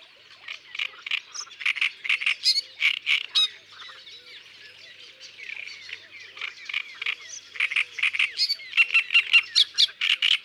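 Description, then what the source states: Great reed warbler in full song: rhythmic rasping notes mixed with high squeaks, a quieter stretch, then a loud burst of croaking syllables. Isère, France.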